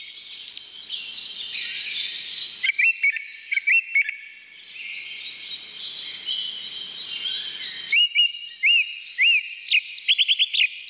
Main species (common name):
Song Thrush